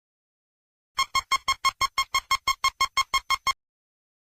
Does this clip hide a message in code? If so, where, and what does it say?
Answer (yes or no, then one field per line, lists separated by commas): no